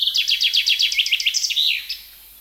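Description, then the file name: Common chaffinch song: a rapid run of bright descending notes, then a second series ending in a short flourish, about two seconds long. "Fringilla coelebs"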